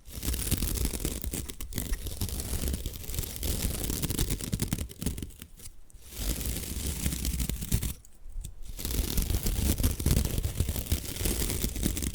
Bamboo Tapping, Scratching and Brushing Sounds